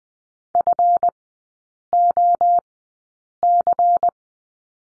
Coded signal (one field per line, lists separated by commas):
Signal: Morse code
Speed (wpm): 20 wpm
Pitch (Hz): 700 Hz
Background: none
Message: FOC